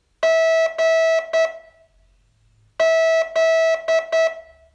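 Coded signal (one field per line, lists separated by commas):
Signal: Morse code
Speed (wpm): 8 wpm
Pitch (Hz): 650 Hz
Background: none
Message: G Z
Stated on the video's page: Morse training lesson, day 31 of a 42-day course.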